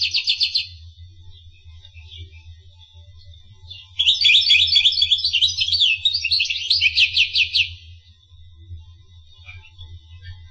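Finch song: a brief trill at the start, then a long pause before a dense high phrase of rapid chirps ending in a fast repeated trill, with low hum.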